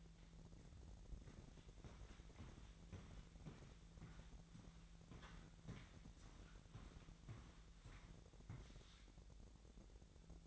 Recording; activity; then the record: daily activity, microphone in the room; walk to room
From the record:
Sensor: 3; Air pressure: 1012.2 hPa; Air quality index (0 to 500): 139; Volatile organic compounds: 2 ppm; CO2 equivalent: 1065 ppm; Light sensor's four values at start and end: 116/275/112/98 and 131/313/129/118